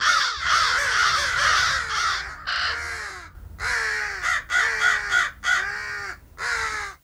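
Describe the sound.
Crow cawing: harsh, raspy caws given in a quick series.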